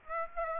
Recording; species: mosquito wingbeat signal from an infrared sensor; Aedes aegypti